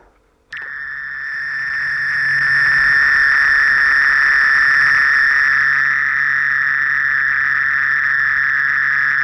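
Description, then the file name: Mole cricket begins a steady buzzing trill after a short silence, swelling slightly in loudness and then holding evenly. "Gryllotalpa sp"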